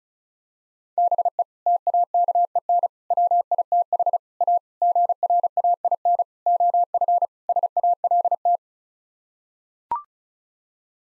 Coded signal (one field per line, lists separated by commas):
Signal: Morse code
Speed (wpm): 34 wpm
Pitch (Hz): 700 Hz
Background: none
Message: BE TAKEN WITH A GRAIN OF SALT